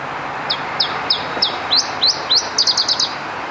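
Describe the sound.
Iberian chiffchaff singing: a run of high downslurred notes, then upslurred ones, ending in a quick fast trill, against a soft background hiss.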